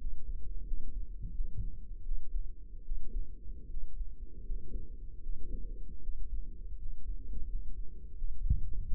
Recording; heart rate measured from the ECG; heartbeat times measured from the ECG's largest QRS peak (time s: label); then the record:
heart sounds by microphone in the left ear; 81 bpm
0.65 s: heartbeat
1.32 s: heartbeat
2.03 s: heartbeat
2.83 s: heartbeat
3.68 s: heartbeat
4.43 s: heartbeat
5.21 s: heartbeat
6.00 s: heartbeat
6.76 s: heartbeat
7.46 s: heartbeat
8.15 s: heartbeat
8.84 s: heartbeat
From the record:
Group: healthy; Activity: rest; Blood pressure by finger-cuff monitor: 96/65 mmHg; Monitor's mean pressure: 75 mmHg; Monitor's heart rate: 79 bpm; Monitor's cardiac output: 5.3 L/min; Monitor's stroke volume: 65 mL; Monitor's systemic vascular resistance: 980 dyn s/cm5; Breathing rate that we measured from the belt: 21 breaths a minute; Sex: male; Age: 22 years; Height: 181 cm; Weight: 60 kg